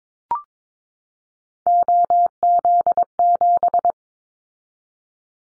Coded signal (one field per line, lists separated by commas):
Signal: Morse code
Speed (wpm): 22 wpm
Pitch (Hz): 700 Hz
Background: none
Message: OZ7